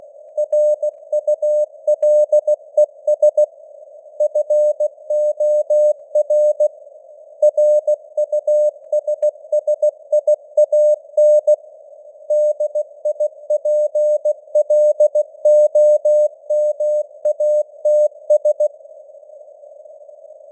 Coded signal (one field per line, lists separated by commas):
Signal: Morse code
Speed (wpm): 16 wpm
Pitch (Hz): 600 Hz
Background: none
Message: RULES FOR RUSSIAN DIPLOMATS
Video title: Morse Code News | 2025-10-07 | 16wpm